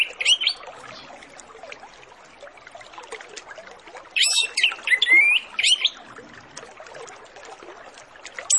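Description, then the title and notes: Orange-headed Thrush song: short bursts of rich whistled and buzzy phrases near the start and again around four to six seconds, over a busy chattering background. Lure recording used to prompt Orange-headed Thrushes to sing quickly; full 'isian' song with mimicked fill-in phrases. "Masteran Anis Kembang Full Isian Untuk Suara Pancingan Anis Kembang Agar Cepat Ngeplong. Suara Burung Anis Kembang"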